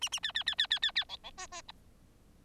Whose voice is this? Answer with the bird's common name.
Bengalese Finch